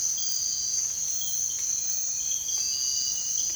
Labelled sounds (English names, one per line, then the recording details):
none
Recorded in dense forest near Puerto Asís, Putumayo, Colombia, on 21 December 2024 at 05:30
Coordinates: 0.468, -76.322
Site G071